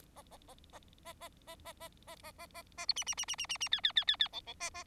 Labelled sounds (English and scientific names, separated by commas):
Bengalese Finch (Lonchura striata domestica) song